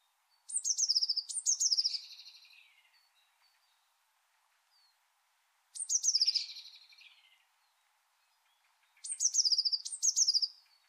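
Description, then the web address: Bird calls: high, rapid trilled phrases that slide downward, given in three bursts several seconds apart with quiet gaps between. "Deverinetal 2025 Bird Only"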